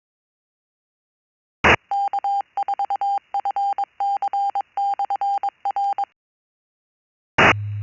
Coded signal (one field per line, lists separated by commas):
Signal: Morse code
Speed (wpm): 22 wpm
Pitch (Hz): 800 Hz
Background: none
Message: K4FC/R T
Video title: East Coast Reflector Morning Brew 2025 05 20 07 00 48